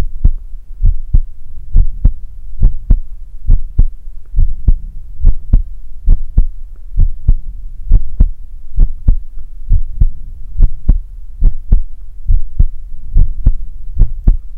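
Steady paired low thumps, the lub-dub of an adult's ordinary heartbeat, at about 69 beats a minute with an even rhythm, heard close up with a soft low hum underneath. It is offered as ASMR for listening to while falling asleep.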